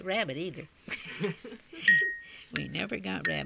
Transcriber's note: they laugh